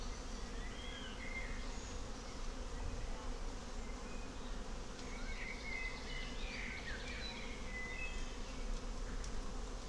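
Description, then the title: Bees give a continuous droning buzz while birds give scattered whistled notes above it. Bees in a forest in May, fine spring weather, with birds also very active; Klettenstieg, Rahlstedt, Wandsbek, Hamburg, Germany; recorded on an Olympus LS12 with a double-neck microphone. "Klettenstieg, Rahlstedt, Wandsbek, Hamburg, 22143, Deutschland - Bienen und Vögel im Wald - im Mai"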